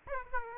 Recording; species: mosquito wingbeat signal from an infrared sensor; Aedes aegypti